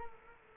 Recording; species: mosquito wingbeat signal from an infrared sensor; Culex quinquefasciatus